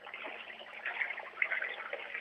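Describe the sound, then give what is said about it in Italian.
A toilet flushes in a bathroom, heard over a phone call, a steady rushing hiss of water that keeps going for a couple of seconds with a slightly bubbling, uneven texture and no voices over it. “Fammi sentire lo sciacquone, avanti.”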